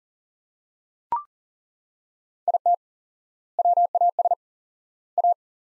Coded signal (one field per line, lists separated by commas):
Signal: Morse code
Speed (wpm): 40 wpm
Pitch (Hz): 700 Hz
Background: none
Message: IT WAS A